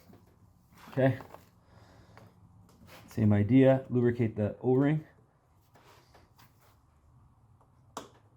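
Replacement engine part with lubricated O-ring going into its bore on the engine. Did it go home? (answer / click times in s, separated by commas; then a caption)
yes / 8.0 s. Someone talks from about 1.0 to 5.0 s while a new replacement part with a lubricated rubber O-ring is pushed by hand into its bore on a Honda Civic engine. After a few faint ticks, a single sharp, loud snap at 8.0 s marks the part seating in its bore.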